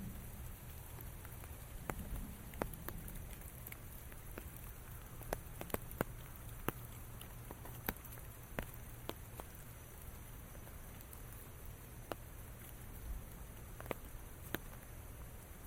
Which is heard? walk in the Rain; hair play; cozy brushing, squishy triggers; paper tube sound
walk in the Rain